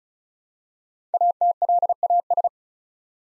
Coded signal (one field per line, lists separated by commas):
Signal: Morse code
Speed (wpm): 36 wpm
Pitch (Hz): 700 Hz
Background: none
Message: ATLAS